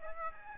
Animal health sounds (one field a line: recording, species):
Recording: mosquito wingbeat signal from an infrared sensor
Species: Aedes aegypti